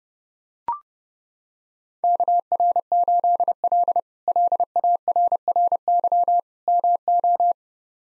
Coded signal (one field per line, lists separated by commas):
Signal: Morse code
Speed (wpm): 30 wpm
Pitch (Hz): 700 Hz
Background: none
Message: KR8L LARRY MO